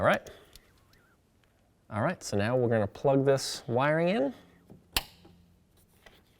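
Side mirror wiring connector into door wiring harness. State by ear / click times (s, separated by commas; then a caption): seated / 5.0 s. The new side mirror's wiring connector on a 2011–2017 Honda Odyssey is plugged into the door wiring harness while someone talks. After the talking, a single sharp click at 4.9 s marks the connector snapping into place and seating, followed by a few faint ticks.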